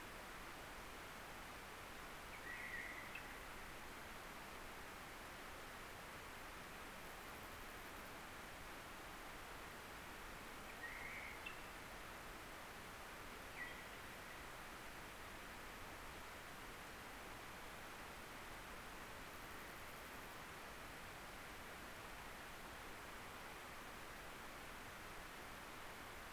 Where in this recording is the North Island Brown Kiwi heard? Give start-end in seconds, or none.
none